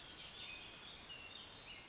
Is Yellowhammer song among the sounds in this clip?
no